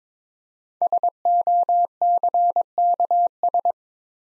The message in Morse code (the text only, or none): SOCKS